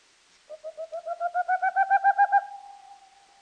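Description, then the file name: Boreal owl song: a single rapid run of soft hoots, building steadily louder and a touch higher before fading into a trailing hum. "wlochatka"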